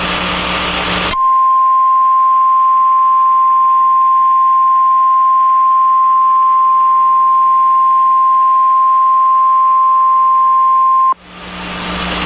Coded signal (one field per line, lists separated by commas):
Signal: Emergency Alert System (SAME) tones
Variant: 1050 Hz attention tone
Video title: Eas Tornado Waring